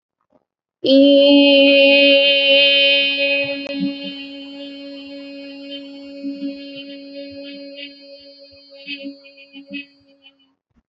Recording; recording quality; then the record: sustained vowel as in beet; excellent, no background noise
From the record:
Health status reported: healthy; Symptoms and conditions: none ticked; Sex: female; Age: 26 years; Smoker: yes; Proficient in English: yes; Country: India